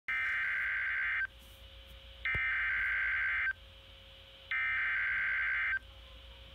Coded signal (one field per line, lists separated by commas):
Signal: Emergency Alert System (SAME) tones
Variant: header bursts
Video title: Severe Thunderstorm Warning-(EAS #164) Sorry for the Camera Issues there...